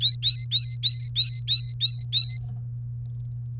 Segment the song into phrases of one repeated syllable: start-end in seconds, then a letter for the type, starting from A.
0.01-2.37 A